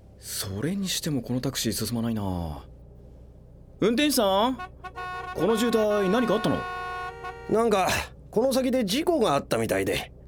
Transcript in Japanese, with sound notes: それにしてもこのタクシー進まないなぁ。運転手さん、この渋滞、何かあったの！
（車のクラクションの音、けたたましく） 何かこの先で事故があったみたいで。